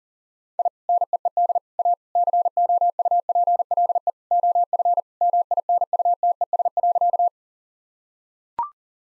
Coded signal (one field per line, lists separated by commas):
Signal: Morse code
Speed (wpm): 40 wpm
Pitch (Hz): 700 Hz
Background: none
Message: I NEED A COUPLE OF MINUTES.